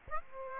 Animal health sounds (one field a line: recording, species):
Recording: mosquito wingbeat signal from an infrared sensor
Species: Aedes aegypti